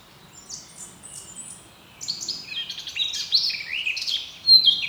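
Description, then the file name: Eurasian blackcap song: a soft twittering start followed by rich, loud fluted whistles and rapid scratchy notes, strongest near the end. "Sylvia atricapilla"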